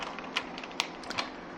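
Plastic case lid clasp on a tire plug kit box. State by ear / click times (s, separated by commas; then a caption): not seated / none. Someone presses on the lid of a small plastic tire repair plug kit case, trying to snap it shut. Light plastic taps and rattles sound, strongest around 0.4, 0.8 and 1.2 seconds. The broken clasp does not catch and the lid never snaps closed.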